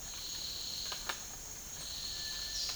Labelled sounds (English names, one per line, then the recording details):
Cinereous Tinamou
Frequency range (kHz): Cinereous Tinamou 1.2-2.1 kHz
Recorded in dense forest near Puerto Asís, Putumayo, Colombia, on 12 March 2025 at 10:00
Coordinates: 0.484, -76.325
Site G045